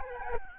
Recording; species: mosquito wingbeat signal from an infrared sensor; Aedes albopictus